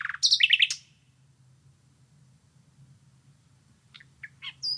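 Common Nightingale song: a loud burst of rapid, tumbling chirped notes, a long silence, then a few scattered notes.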